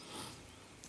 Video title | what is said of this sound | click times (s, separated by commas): Expedition Watches E 6386 MC - Starloji.com | Ya, ini sudah terkunci. | 0.8 s